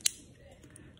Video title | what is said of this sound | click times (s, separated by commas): Levolor Cellular Shade Repair | but they'll click back in place | 0.1 s